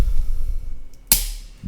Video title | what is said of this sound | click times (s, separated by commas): Mattel Jurassic World Roarivores Triceratops Review | we go snapped in place so it is in our Triceratops is now hope I | 1.1 s